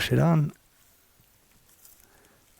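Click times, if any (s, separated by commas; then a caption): none. Someone talks briefly as a wiring harness connector is being pushed onto a new camshaft actuator/solenoid on a 2008 Mercedes C300, followed by quiet handling with a couple of faint taps. Nothing has seated or clicked yet.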